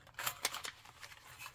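A thin metal cutting die is pressed onto the recess of a plastic hybrid embossing folder, and it clicks into place and holds itself there. Short rustling and plastic handling sounds lead up to a sharp click at 0.5 s, followed by quieter handling.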